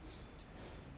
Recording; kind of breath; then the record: one breath in and out by a microphone near the nose and mouth; strong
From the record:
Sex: male